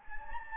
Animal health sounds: mosquito wingbeat signal from an infrared sensor; Anopheles gambiae

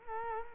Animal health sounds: mosquito wingbeat signal from an infrared sensor; Culex quinquefasciatus

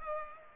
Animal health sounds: mosquito wingbeat signal from an infrared sensor; Culex pipiens

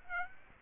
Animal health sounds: mosquito wingbeat signal from an infrared sensor; Aedes aegypti

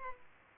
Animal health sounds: mosquito wingbeat signal from an infrared sensor; Culex pipiens

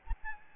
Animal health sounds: mosquito wingbeat signal from an infrared sensor; Aedes albopictus

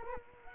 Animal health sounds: mosquito wingbeat signal from an infrared sensor; Culex quinquefasciatus

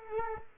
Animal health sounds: mosquito wingbeat signal from an infrared sensor; Culex quinquefasciatus

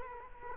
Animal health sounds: mosquito wingbeat signal from an infrared sensor; Culex quinquefasciatus

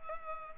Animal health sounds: mosquito wingbeat signal from an infrared sensor; Culex pipiens

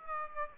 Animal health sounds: mosquito wingbeat signal from an infrared sensor; Aedes aegypti

